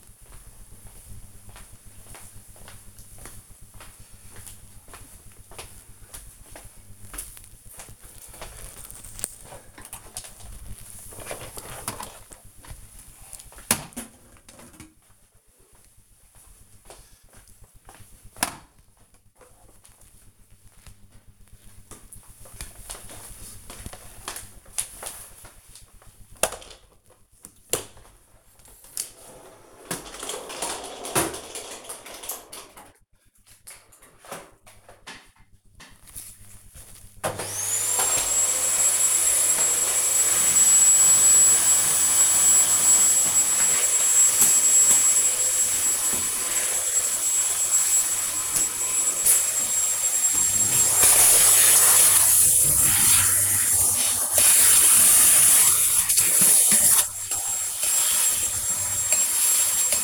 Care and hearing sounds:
household activities, microphone on the right wrist
36.57-60.03 s: vacuum cleaning

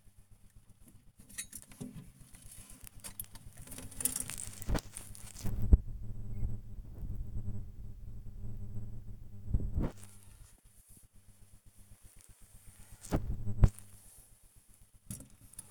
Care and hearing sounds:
household activities, microphone on the right wrist
0.00-15.71 s: dusting model cars

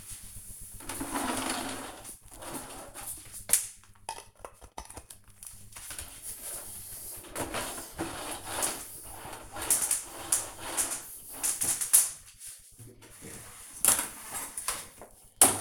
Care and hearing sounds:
household activities, microphone on the right wrist
none

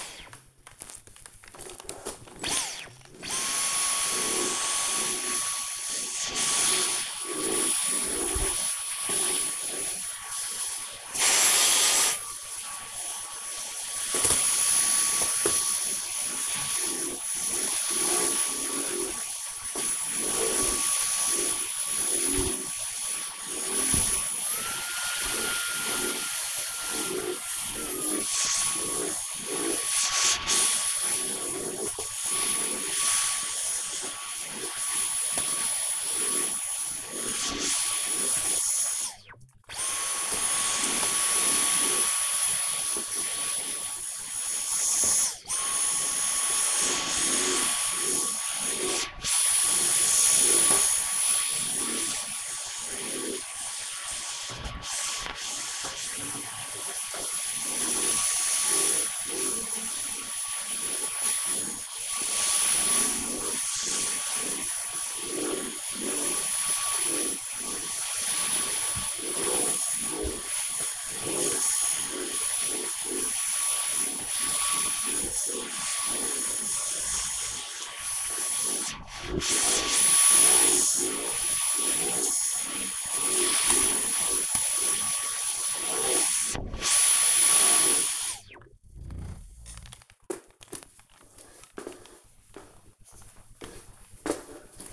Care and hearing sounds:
household activities, microphone on the right wrist
0.00-89.93 s: vacuum cleaning

